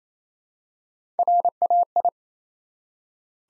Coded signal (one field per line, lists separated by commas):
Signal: Morse code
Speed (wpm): 27 wpm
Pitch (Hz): 700 Hz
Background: none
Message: RAI